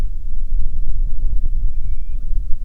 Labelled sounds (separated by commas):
bird, wind